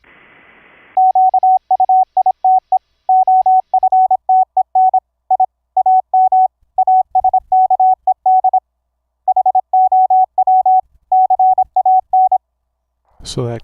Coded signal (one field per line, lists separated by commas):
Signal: Morse code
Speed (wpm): 26 wpm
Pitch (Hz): 750 Hz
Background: speech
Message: QUITE OFTEN I AM ASKED HOW CAN